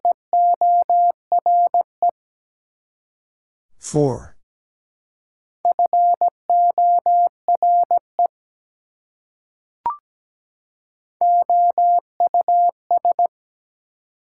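Morse code beeps at a steady mid pitch in three bursts, broken by a short voice-like sound near four seconds and a click near ten.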